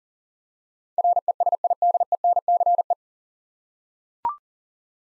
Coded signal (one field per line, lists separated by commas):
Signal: Morse code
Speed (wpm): 40 wpm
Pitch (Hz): 700 Hz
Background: none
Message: RESIDENCE